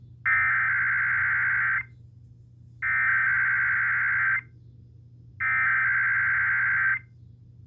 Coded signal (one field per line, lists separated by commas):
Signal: Emergency Alert System (SAME) tones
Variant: header bursts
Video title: (EAS #450-451) Required weekly test on KDKA-AM and WYAB-FM 7/24/2022 and 7/25/2022